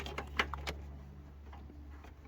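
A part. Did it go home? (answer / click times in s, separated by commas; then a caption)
no / none. Someone pulls the cabin hood release lever inside an old Maxima, producing a quick series of sharp plastic clicks and rattles in the first 0.7 seconds over a low, steady hum. The sticky hood latch has not popped open yet.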